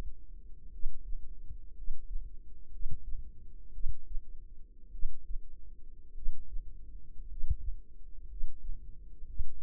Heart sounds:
heart sounds by microphone in the left ear; 56 bpm
0.70 s: heartbeat
1.74 s: heartbeat
2.70 s: heartbeat
3.71 s: heartbeat
4.90 s: heartbeat
6.13 s: heartbeat
7.26 s: heartbeat
8.27 s: heartbeat
9.26 s: heartbeat
From the record:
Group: healthy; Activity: rest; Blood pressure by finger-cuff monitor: 107/53 mmHg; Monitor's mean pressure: 66 mmHg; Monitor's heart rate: 52 bpm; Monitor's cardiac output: 5.1 L/min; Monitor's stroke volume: 92 mL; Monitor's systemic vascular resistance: 930 dyn s/cm5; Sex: male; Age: 25 years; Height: 170 cm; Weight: 70.4 kg

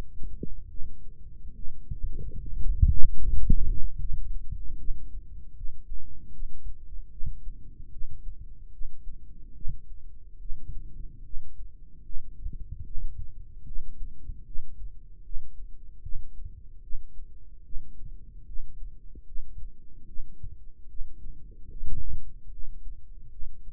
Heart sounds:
heart sounds by microphone in the right ear; 74 bpm
0.69 s: heartbeat
1.55 s: heartbeat
2.39 s: heartbeat
3.19 s: heartbeat
3.99 s: heartbeat
4.78 s: heartbeat
5.56 s: heartbeat
6.32 s: heartbeat
7.11 s: heartbeat
7.92 s: heartbeat
8.72 s: heartbeat
9.55 s: heartbeat
10.40 s: heartbeat
11.24 s: heartbeat
12.04 s: heartbeat
12.85 s: heartbeat
13.66 s: heartbeat
14.46 s: heartbeat
15.24 s: heartbeat
16.03 s: heartbeat
16.82 s: heartbeat
17.64 s: heartbeat
18.46 s: heartbeat
19.26 s: heartbeat
20.07 s: heartbeat
20.89 s: heartbeat
21.71 s: heartbeat
22.51 s: heartbeat
23.31 s: heartbeat
From the record:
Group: healthy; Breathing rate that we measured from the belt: 18 breaths a minute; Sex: male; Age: 55 years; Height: 167 cm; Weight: 57.2 kg

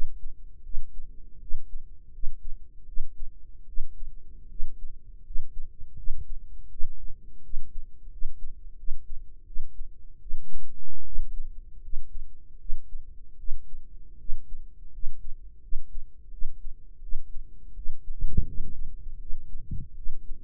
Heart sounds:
heart sounds by microphone in the right ear; 81 bpm
0.61 s: heartbeat
1.37 s: heartbeat
2.09 s: heartbeat
2.84 s: heartbeat
3.64 s: heartbeat
4.46 s: heartbeat
5.21 s: heartbeat
5.94 s: heartbeat
6.67 s: heartbeat
7.40 s: heartbeat
8.08 s: heartbeat
8.74 s: heartbeat
9.43 s: heartbeat
10.17 s: heartbeat
11.02 s: heartbeat
11.79 s: heartbeat
12.56 s: heartbeat
13.35 s: heartbeat
14.16 s: heartbeat
14.89 s: heartbeat
15.59 s: heartbeat
16.29 s: heartbeat
16.99 s: heartbeat
17.72 s: heartbeat
18.43 s: heartbeat
19.17 s: heartbeat
19.93 s: heartbeat
From the record:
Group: healthy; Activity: cold pressor test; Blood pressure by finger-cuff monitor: 121/68 mmHg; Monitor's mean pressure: 86 mmHg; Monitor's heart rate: 81 bpm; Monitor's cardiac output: 7.3 L/min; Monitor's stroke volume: 91 mL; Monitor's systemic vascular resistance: 860 dyn s/cm5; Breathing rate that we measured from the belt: 18 breaths a minute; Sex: female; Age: 23 years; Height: 160 cm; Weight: 50.4 kg

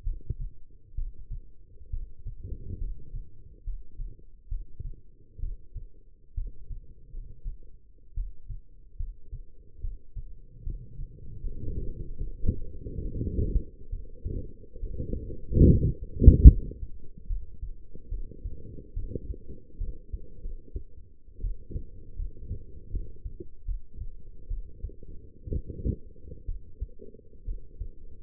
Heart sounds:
heart sounds by stethoscope; 70 bpm
0.04 s: heartbeat
0.95 s: heartbeat
1.90 s: heartbeat
2.78 s: heartbeat
3.64 s: heartbeat
4.48 s: heartbeat
5.40 s: heartbeat
6.34 s: heartbeat
7.12 s: heartbeat
8.14 s: heartbeat
8.97 s: heartbeat
9.81 s: heartbeat
10.63 s: heartbeat
11.41 s: heartbeat
12.18 s: heartbeat
13.02 s: heartbeat
13.90 s: heartbeat
14.80 s: heartbeat
15.67 s: heartbeat
16.47 s: heartbeat
17.27 s: heartbeat
18.09 s: heartbeat
18.94 s: heartbeat
19.78 s: heartbeat
20.42 s: heartbeat
21.41 s: heartbeat
22.16 s: heartbeat
22.91 s: heartbeat
23.65 s: heartbeat
24.48 s: heartbeat
25.49 s: heartbeat
26.46 s: heartbeat
27.45 s: heartbeat
From the record:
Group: healthy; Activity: cold pressor test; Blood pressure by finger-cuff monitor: 141/83 mmHg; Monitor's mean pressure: 102 mmHg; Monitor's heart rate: 70 bpm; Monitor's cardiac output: 6.3 L/min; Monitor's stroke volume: 91 mL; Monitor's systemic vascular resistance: 1230 dyn s/cm5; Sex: female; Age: 22 years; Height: 171 cm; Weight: 65.6 kg

